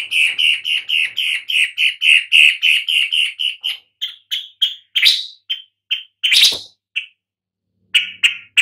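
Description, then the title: Long-tailed shrike delivering a quick, regular string of nasal notes that slows and breaks into spaced harsh calls, with a faint low hum near the end. "Lanius Schach Sun"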